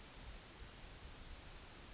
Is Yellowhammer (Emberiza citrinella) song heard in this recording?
no